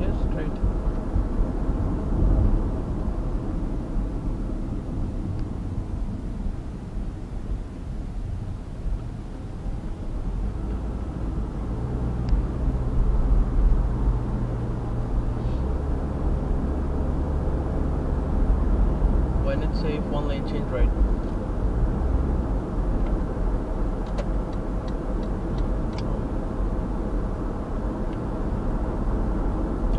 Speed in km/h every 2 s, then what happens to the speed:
45, 37, 27, 17, 15, 23, 31, 36, 42, 46, 50, 51, 52, 51, 51.
0-8 brakes to 15. 8-20 speeds up to 50. 20-30 steady at about 51.